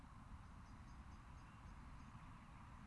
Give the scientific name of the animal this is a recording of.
Turdus merula